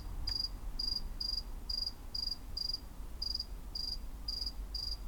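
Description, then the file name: Cricket chirps, a series of high pulsed chirps with a brief click near the start over a low rumble. "CRICKET ON CATS CREEP"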